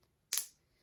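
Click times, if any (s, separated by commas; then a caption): 0.3 s. A snap fastener on the side of a cloth face mask is pressed closed to adjust the fit, giving a sharp, bright click at 0.3 s that fades quickly in a quiet background. The snap closes and seats.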